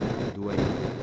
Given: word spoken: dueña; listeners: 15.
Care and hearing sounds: one Spanish word in noise, from a listening test; noise modulated by three-talker babble; -7.1 dB; 0 of 15; 11 of 15; 0.63 s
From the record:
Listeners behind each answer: 11, 2, 1, 1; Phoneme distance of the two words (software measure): 10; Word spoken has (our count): 2 syllables, 5 phonemes, stress on syllable 1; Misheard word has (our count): 2 syllables, 5 phonemes, stress on syllable 1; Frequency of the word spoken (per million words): 12.18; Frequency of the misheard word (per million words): 35.41

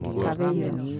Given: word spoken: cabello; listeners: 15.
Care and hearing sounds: one Spanish word in noise, from a listening test; four-talker babble; 0.4 dB; 1 of 15; 12 of 15; 0.60 s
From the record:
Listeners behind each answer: 12, 1, 1, 1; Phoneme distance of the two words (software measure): 7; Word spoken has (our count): 3 syllables, 6 phonemes, stress on syllable 2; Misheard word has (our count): 3 syllables, 7 phonemes, stress on syllable 2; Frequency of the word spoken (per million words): 19.99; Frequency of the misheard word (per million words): 13.00

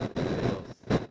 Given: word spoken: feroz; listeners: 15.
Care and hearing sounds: one Spanish word in noise, from a listening test; noise modulated by one talker; -11.2 dB; 2 of 15; 7 of 15; 0.71 s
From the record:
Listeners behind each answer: 7, 2, 1, 1, 1, 1, 1, 1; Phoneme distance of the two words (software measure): 20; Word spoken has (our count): 2 syllables, 5 phonemes, stress on syllable 2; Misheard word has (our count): 2 syllables, 5 phonemes, stress on syllable 2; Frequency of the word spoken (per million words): 10.76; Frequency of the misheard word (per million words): 6.46

